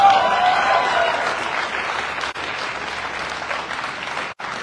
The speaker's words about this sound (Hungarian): nagy tapsot kérek nekik.